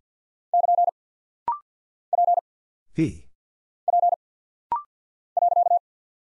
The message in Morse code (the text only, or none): <KN> P P .